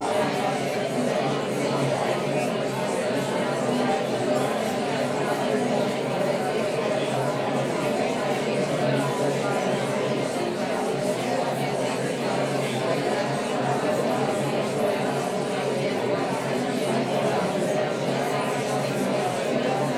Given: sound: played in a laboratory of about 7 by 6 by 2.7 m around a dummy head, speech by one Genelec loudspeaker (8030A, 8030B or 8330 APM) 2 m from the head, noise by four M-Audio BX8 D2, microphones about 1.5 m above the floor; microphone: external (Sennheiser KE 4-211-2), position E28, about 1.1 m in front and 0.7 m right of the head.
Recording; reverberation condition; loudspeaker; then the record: babble noise; medium; four, about 170 cm from the corners of the room and facing them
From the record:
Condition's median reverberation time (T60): about 510 ms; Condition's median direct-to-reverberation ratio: about -0.5 dB